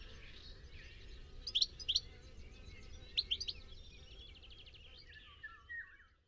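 Bird chirps, faint: two short pairs of sharp high notes, then a softer buzzy run near the end, over a steady low rumble.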